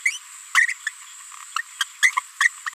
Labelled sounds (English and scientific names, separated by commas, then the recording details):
Green-rumped Parrotlet (Forpus passerinus) babbling
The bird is a female
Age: 23 days
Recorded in a nest box in Venezuela
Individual 17B73B2